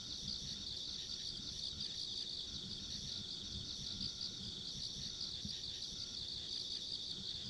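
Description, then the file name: High insect chorus, a constant shimmering chirr with no breaks, over a faint low background hum. Ambient insect sounds along a rural country road. "田舎道の虫の環境音"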